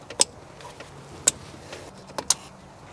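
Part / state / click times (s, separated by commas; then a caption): plastic wiring harness connectors onto ignition coils of a V8 engine / seated / 0.2 s, 1.3 s, 2.3 s. Plastic wiring harness connectors are pushed onto the ignition coils of a V8 engine in a 2017-2023 Nissan Titan, one after another, after the coils are bolted down. Three sharp clicks ring out at 0.2, 1.3 and 2.3 seconds over quiet background handling, with fainter taps between them. Each connector seats with its click.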